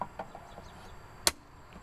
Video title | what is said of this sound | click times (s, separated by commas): installing Window Visors On My Tesla model 3 and Adding More Accessories | clicks in place just like that. | 1.3 s